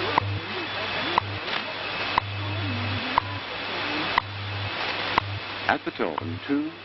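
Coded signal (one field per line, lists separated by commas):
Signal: radio time signal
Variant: WWV and WWVH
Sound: sharp tick each second over hiss, low 100 Hz hum in bursts, brief voice at end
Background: shortwave static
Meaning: Each tick marks one second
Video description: you can hear all of the stations in there at different points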